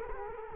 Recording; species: mosquito wingbeat signal from an infrared sensor; Culex quinquefasciatus